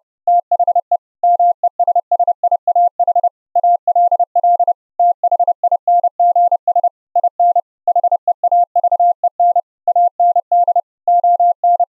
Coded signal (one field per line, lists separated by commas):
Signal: Morse code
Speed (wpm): 30 wpm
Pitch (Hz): 700 Hz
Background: none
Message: THE MESSIAH ALL THINGS IN HEAVEN AND ON